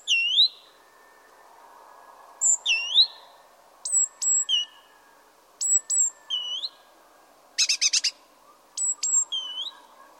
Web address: pub SETE data Parus major